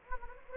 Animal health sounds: mosquito wingbeat signal from an infrared sensor; Anopheles gambiae

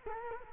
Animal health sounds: mosquito wingbeat signal from an infrared sensor; Culex quinquefasciatus

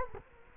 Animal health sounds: mosquito wingbeat signal from an infrared sensor; Culex quinquefasciatus

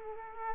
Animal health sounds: mosquito wingbeat signal from an infrared sensor; Culex quinquefasciatus

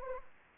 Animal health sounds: mosquito wingbeat signal from an infrared sensor; Anopheles arabiensis

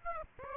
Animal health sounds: mosquito wingbeat signal from an infrared sensor; Aedes aegypti

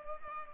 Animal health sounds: mosquito wingbeat signal from an infrared sensor; Culex pipiens

